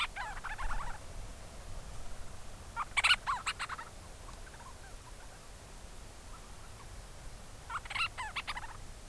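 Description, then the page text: Forster's Tern gives a few rasping, scratchy calls separated by long pauses, over a continuous background hiss. In South Bay San Francisco, California, a bird flies overhead calling to its colony on the island below; the advertisement call is almost its way of saying hello to the colony. "In South Bay San Francisco, California, a Forster’s Tern (Sterna forsteri) flies overhead and lets out a call to its colony below. This “advertisement call” is almost the bird’s way of saying “hello” to the colony on the island."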